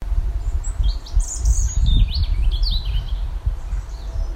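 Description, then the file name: European robin singing varied high, thin warbled notes that rise and fall quickly, over constant low rumbling noise. "Erithacus rubecula"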